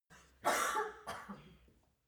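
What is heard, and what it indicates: Two sharp, forceful coughs from an adult woman, about half a second apart, each a sudden explosive burst that trails off with a rougher tail. No speech or other sounds.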